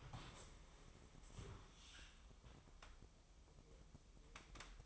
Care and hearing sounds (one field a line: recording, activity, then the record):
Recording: daily activity, microphone in the room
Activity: stand up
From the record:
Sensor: 1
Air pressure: 1005.1 hPa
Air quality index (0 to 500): 123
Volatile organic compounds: 5 ppm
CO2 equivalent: 1718 ppm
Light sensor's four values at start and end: 11/26/10/11 and 10/24/10/10